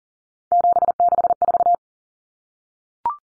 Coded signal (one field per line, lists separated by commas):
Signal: Morse code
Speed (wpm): 40 wpm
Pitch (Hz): 700 Hz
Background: none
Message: 764